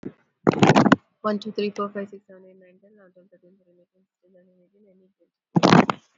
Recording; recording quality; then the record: counting at a fast pace; excellent, no background noise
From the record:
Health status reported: COVID-19 positive, moderate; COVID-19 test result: positive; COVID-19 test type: RT-PCR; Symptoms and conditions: cold, sore throat, loss of smell and taste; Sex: female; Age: 35 years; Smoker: no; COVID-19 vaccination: one dose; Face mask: worn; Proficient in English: yes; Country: India